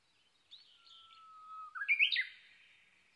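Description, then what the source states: Japanese bush warbler song, a drawn-out level whistle that ends abruptly in a loud, quick rising-and-falling phrase. Recorded 22 May 2011 at 05:58.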